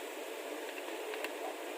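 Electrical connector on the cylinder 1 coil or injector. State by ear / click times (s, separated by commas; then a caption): seated / 1.1 s, 1.2 s. On a Toyota Corolla engine, the plastic electrical connector for cylinder number 1, on either the coil or the injector, is pushed onto its socket against a steady hiss. Two sharp clicks come at 1.1 s and 1.2 s as the connector locks in place.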